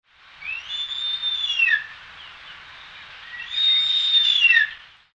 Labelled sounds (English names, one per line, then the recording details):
Philippine Eagle
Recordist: Tembrock, Günter
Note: Rufe